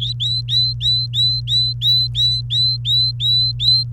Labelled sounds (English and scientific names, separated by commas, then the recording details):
Domestic Canary (Serinus canaria) song
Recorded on 28 April 2018 at 17:09
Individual llb3